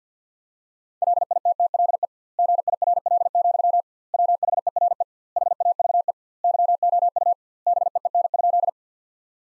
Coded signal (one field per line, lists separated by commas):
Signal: Morse code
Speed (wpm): 50 wpm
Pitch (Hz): 700 Hz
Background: none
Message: LITTLE GIRL, WHERE HAVE YOU BEEN?